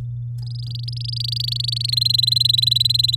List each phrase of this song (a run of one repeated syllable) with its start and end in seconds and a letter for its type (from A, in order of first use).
0.42-1.95 A, 1.96-3.15 B